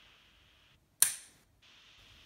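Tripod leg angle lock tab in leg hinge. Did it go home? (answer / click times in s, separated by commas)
yes / 1.0 s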